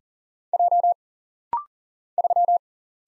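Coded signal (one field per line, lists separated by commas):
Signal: Morse code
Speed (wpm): 40 wpm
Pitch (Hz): 700 Hz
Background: none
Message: J 3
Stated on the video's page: Rapid-fire 40wpm Morse practice of single letters, numbers, punctuation and prosigns, sent, spoken, then sent again for instant character recognition drill.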